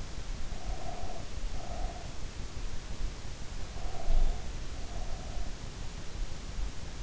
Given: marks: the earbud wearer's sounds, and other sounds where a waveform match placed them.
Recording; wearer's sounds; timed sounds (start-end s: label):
sounds in sleep by an in-ear microphone; breath
0.38-2.48 s: breath
3.47-6.08 s: breath